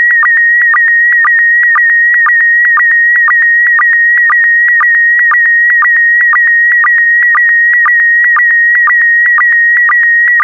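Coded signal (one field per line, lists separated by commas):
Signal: SSTV (slow-scan television)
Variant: PD120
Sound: continuous warbling whistle around 2 kHz with rhythmic low blips twice a second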